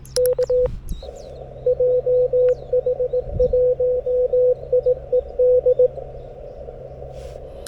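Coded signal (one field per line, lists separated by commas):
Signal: Morse code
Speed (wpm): 22 wpm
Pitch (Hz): 500 Hz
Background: none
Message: K JH1IED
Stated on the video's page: CW POTA activation from Sanriku Fukko National Park on 40m and 30m, Yaesu FTX-1F at 5W, RHM12 antenna, BaMaKeY TP-III paddle.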